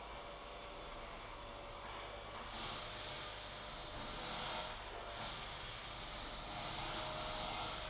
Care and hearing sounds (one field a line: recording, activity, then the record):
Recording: daily activity, microphone in the room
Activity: vacuum cleaning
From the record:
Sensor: 5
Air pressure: 992.0 hPa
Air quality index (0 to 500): 175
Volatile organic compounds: 621 ppm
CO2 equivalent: 4959 ppm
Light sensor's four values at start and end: 30/104/38/41 and 30/104/38/41